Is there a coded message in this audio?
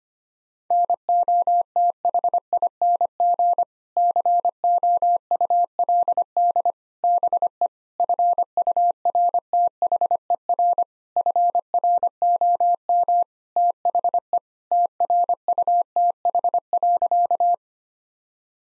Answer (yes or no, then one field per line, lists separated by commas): yes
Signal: Morse code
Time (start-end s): 0.7-17.5 s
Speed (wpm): 25 wpm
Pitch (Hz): 700 Hz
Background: none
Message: NOTHING COULD BE FURTHER FROM THE TRUTH.